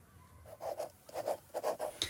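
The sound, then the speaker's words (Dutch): A pen scratches across paper in short bursts while writing a letter, a quick rhythm of soft rasping strokes with brief pauses between words, fairly quiet and with no one speaking. “Laat ik die zus maar een brief gaan schrijven.”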